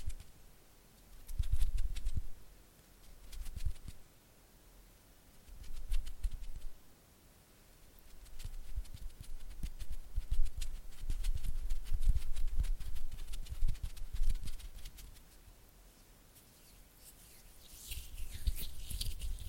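Oily hands move and flutter their fingers in a run of soft, wet patting and tapping. The taps arrive in quick clusters with short pauses between, along with low thumps, and near the end a brighter smacking rubs in for a few seconds.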